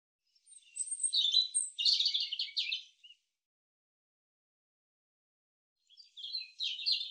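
European robin song: a long, high, twittering phrase of varied quick notes and trills, then a silent pause before another phrase begins, with no other sounds.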